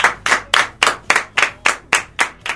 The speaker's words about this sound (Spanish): Te felicitamos desde ahora. Sí. Y aplaudimos porque va a ser el cumpleaños de ella.